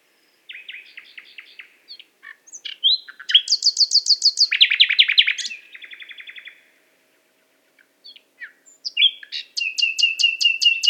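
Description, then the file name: Common nightingale delivering rich phrases: soft rapid notes building to a loud buzzy rattle, a softer stuttering series, a pause, then sharp repeated notes. "Luscinia megarhynchos"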